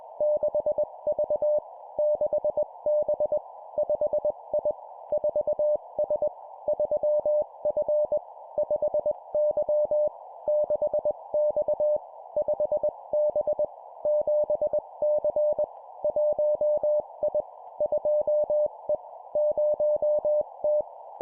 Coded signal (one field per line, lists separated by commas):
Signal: Morse code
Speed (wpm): 21 wpm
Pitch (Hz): 600 Hz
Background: none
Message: 6V 6B 5I 4S 3F 5Y 6X 5B 7C 1I 2E 0T